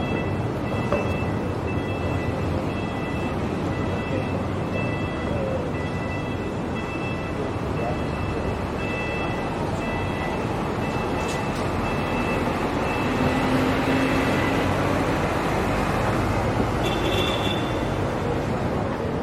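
Street noise around Town Hall in central Sydney: a dense, steady roar of traffic and engines fills the whole stretch with little change in level. Thin high tones hover above it, a faint rising whine appears near the thirteen-second mark, and scattered voices blur into the din.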